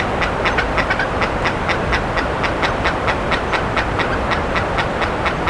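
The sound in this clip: Bird giving rapid, harsh, clipped calls in a quick, somewhat uneven string over a steady hissing background noise.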